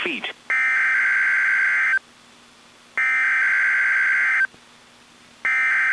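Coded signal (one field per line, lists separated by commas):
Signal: Emergency Alert System (SAME) tones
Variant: header bursts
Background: speech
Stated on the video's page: Required weekly test from NOAA weather radio, audio recorded directly from a weather radio via aux cord.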